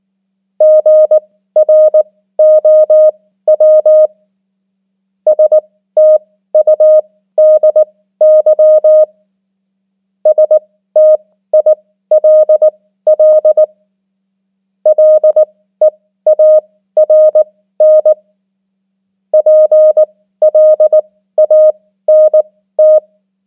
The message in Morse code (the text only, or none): GROW STUDY STILL LEARN PLANT